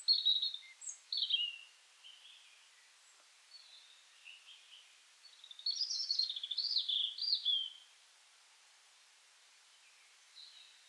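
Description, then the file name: European robin singing in short, high, tinkling phrases with pauses, a longer rippling warble in the middle and a faint final note. "Erithacus rubecula"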